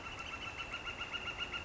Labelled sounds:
Northern Flicker (Colaptes auratus)
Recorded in Sonoma County, California

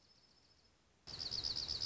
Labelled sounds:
Dark-eyed Junco (Junco hyemalis)
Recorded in Sonoma County, California

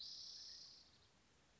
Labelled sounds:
Spotted Towhee (Pipilo maculatus)
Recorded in Sonoma County, California

